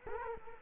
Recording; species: mosquito wingbeat signal from an infrared sensor; Culex quinquefasciatus